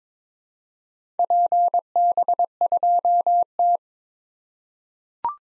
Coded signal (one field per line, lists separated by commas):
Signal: Morse code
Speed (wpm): 22 wpm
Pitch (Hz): 700 Hz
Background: none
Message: PB2T